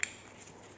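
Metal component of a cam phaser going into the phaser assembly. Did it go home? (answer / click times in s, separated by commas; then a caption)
no / none. A metal component of a regenerated variable valve timing phaser, with very tight clearances, from a Citroen 3.0 V6 ES9A engine is repositioned in the phaser assembly after first being fitted the wrong way round. A single short, sharp metallic clink sounds at the very start, followed by faint low handling noise. Nothing has seated or clicked into place yet.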